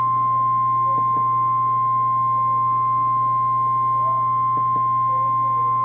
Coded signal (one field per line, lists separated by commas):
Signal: Emergency Alert System (SAME) tones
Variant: 1050 Hz attention tone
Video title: Real NOAA Weather Radio EAS Alerts #145 and #146, and Tornado Emergency.